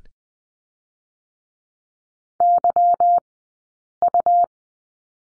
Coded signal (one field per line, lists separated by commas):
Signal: Morse code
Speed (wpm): 20 wpm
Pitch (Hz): 700 Hz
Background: none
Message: YU